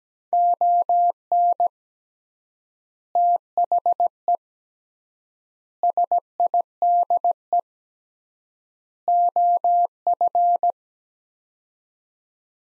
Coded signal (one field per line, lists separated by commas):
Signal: Morse code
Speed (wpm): 17 wpm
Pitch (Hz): 700 Hz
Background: none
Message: ON THE SIDE OF